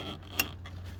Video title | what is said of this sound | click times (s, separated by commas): Toyota Rav4 Headlight Bulb Replacement | there. And it clicked. You probably heard that click. | 0.4 s